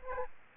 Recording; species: mosquito wingbeat signal from an infrared sensor; Aedes aegypti